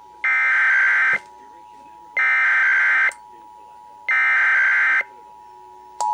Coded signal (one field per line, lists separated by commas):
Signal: Emergency Alert System (SAME) tones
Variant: header bursts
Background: speech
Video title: Pennsylvania Required Monthly Tests (7/15/21)(EAS 796-801)